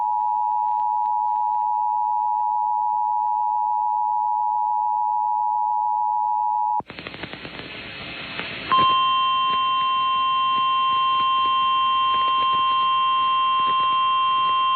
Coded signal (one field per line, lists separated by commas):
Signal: Emergency Alert System (SAME) tones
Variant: 853 and 960 Hz attention tone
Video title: Right Back To It | EAS Alerts from July 3rd, 2023 (EAS #2857-2864)